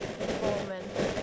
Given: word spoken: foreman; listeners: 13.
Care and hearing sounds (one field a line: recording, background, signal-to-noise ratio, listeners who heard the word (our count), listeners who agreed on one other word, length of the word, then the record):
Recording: one English word in noise, from a listening test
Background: noise modulated by three-talker babble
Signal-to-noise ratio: -5.0 dB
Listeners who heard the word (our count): 4 of 13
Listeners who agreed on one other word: 6 of 13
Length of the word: 0.83 s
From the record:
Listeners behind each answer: 6, 4, 1, 1, 1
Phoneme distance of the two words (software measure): 21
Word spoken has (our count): 2 syllables, 5 phonemes, stress on syllable 1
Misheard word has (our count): 3 syllables, 8 phonemes, stress on syllable 2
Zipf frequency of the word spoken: 3.25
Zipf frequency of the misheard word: 4.97